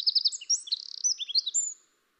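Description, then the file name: Eurasian wren song, a rapid, high, tumbling run of sharp chips and short twittering notes lasting under two seconds, then silence. "Troglodytes troglodytes"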